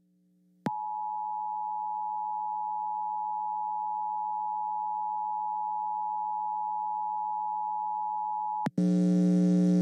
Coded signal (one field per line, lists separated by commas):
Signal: Emergency Alert System (SAME) tones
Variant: 853 and 960 Hz attention tone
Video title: EAS Severe Thunderstorm Warning On GDEAS 3/24/21 (EAS #406)